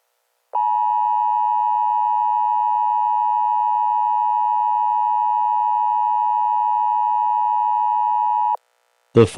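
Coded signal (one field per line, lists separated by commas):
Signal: Emergency Alert System (SAME) tones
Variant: 853 and 960 Hz attention tone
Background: speech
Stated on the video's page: Fictional EAS scenario edited in YouCut with sound effects from freesound.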